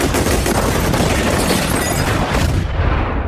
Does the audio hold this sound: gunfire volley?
yes